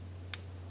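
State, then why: Seated. A wiring harness connector is pushed onto the new transmission output speed sensor of a 2012-2018 Ford Focus, and its plastic lock gives a single short, sharp click at 0.3 s over a steady low hum. The click confirms the connector is seated and locked in place.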